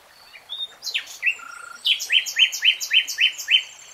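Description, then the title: Nightingale song: sweeping descending notes and a brief low trill, then a loud, regular series of about eight rich chopped notes. Singing in real time. "[Tiếng chim hót] Nightingale Singing"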